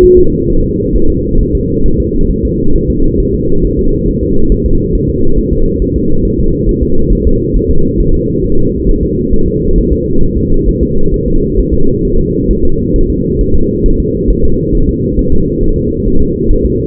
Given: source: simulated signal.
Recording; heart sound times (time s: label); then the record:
fetal heart sounds
0.04 s: S1
0.19 s: S2
0.50 s: S1
0.64 s: S2
0.96 s: S1
1.10 s: S2
1.41 s: S1
1.55 s: S2
1.86 s: S1
2.00 s: S2
2.31 s: S1
2.45 s: S2
2.76 s: S1
2.90 s: S2
3.20 s: S1
3.34 s: S2
3.65 s: S1
3.79 s: S2
4.09 s: S1
4.23 s: S2
4.52 s: S1
4.66 s: S2
4.95 s: S1
5.09 s: S2
5.38 s: S1
5.53 s: S2
5.82 s: S1
5.96 s: S2
6.25 s: S1
6.40 s: S2
6.69 s: S1
6.83 s: S2
7.13 s: S1
7.27 s: S2
7.56 s: S1
7.71 s: S2
8.00 s: S1
8.15 s: S2
8.44 s: S1
8.59 s: S2
8.89 s: S1
9.03 s: S2
9.34 s: S1
9.48 s: S2
9.78 s: S1
9.92 s: S2
10.23 s: S1
10.38 s: S2
10.69 s: S1
10.83 s: S2
11.14 s: S1
11.28 s: S2
11.59 s: S1
11.74 s: S2
12.05 s: S1
12.19 s: S2
12.51 s: S1
12.65 s: S2
12.96 s: S1
13.10 s: S2
13.41 s: S1
13.55 s: S2
13.86 s: S1
14.00 s: S2
14.31 s: S1
14.45 s: S2
14.75 s: S1
14.89 s: S2
15.19 s: S1
15.33 s: S2
15.63 s: S1
15.78 s: S2
16.08 s: S1
16.22 s: S2
16.51 s: S1
16.66 s: S2
From the record:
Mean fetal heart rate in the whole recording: 135 bpm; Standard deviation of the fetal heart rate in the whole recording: 3 bpm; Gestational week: 36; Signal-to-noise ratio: -19.1 dB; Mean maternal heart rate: 72 bpm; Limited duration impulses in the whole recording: present